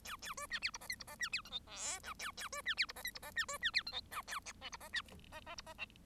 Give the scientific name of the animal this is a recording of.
Lonchura striata domestica